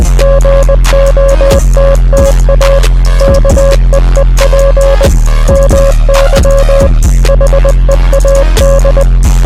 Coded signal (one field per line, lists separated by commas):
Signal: Morse code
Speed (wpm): 20 wpm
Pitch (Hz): 550 Hz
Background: music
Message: GOTTA KEEP MY HEAD